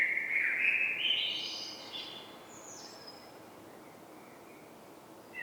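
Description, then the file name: Common blackbird: a single short warbled phrase rising into a thin high squeak, then a quiet background for the rest. "Turdus merula"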